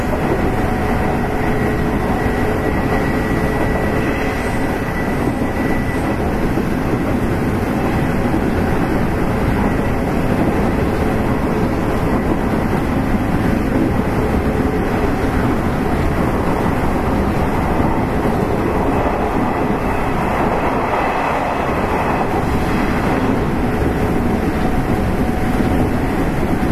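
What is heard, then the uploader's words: Running noise of a Nishitetsu 8000 series train on an express, a steady, dense low rumble throughout with constant loudness. Faint whining tones hold beneath it, with a higher whine around four to six seconds and a brighter swell near twenty seconds. 西日本鉄道 8000系電車の走行音です。 この列車は、観光列車『水都』でした。 It is running noise of Nishitetsu 8000 series train. I recorded on the express train of the Omuta Line. The section is from Fukuoka to Kurume.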